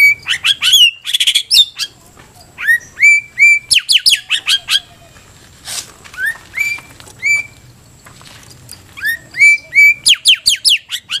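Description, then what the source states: White-rumped shama singing a varied, rapid stream of clear whistles, sharp chirps and harsh buzzy notes, with short pauses between bursts. Cage-bird tutor recording (masteran) used for training captive birds to sing.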